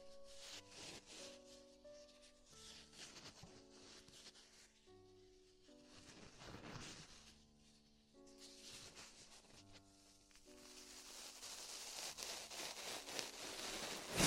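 Tingly ear exploration with soft crackly rubbing over a calm melody of held notes, the scratchy brushing growing louder and brighter near the end.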